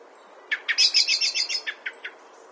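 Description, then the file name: Common blackbird uttering a rapid chattering run of sharp, high notes that swells and then fades into a few spaced clicks. "Turdus merula"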